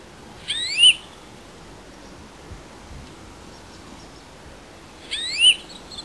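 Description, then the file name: European greenfinch calls, two short bursts of twisting whistled notes about four and a half seconds apart, with a quiet background between. "Chloris chloris"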